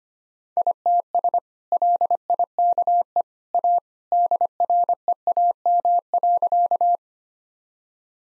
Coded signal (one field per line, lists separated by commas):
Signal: Morse code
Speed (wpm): 25 wpm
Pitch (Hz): 700 Hz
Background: none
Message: ITS LIKE A DREAM.